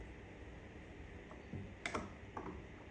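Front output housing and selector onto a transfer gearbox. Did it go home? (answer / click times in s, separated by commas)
no / none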